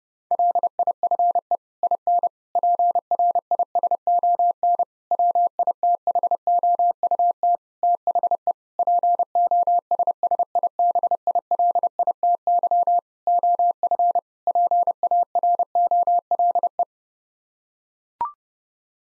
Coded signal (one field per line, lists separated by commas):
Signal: Morse code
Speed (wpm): 30 wpm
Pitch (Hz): 700 Hz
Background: none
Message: LIFE IN PRISON WITHOUT THE POSSIBILITY OF PAROLE